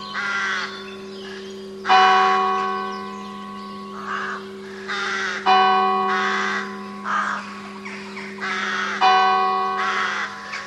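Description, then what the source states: Crow caws, rough calls between repeated ringing bell strikes, each bell tone sustained and fading before the next. Crows with bells.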